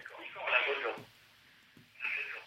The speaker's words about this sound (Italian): Nicola, spenga la radio però.